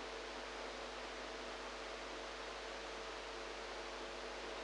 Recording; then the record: brain microelectrode recording played as sound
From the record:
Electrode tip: inside the subthalamic nucleus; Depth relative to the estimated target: -2 mm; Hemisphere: right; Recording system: NeuroSet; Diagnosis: Parkinson's disease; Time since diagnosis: 8 years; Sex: female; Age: 45 years